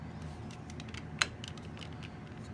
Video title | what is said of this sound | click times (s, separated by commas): Building the Tamiya 1/35 M40 Self Propelled 155mm Gun | And then it'll just click right into shape there. | 1.2 s